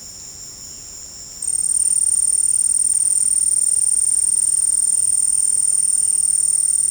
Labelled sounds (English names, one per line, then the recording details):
none
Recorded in secondary vegetation near Puerto Asís, Putumayo, Colombia, on 24 March 2025 at 16:00
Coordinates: 0.502, -76.326
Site G100